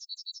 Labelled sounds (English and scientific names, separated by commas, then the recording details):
Yellowhammer (Emberiza citrinella) song
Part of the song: start
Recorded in the Czech Republic on 5 May 2013
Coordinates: 50.021, 14.549
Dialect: B?
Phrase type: C66
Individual 286430